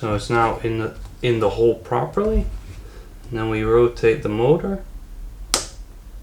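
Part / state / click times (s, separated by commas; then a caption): RC tank drive motor into 3D-printed drive unit housing / seated / 5.5 s. Someone talks while seating an RC tank's drive motor in the hole of its 3D-printed drive unit housing, with the screw heads sitting in keyhole slots. The motor is rotated until it twist-locks. A single sharp click at 5.5 s shows it has locked into place.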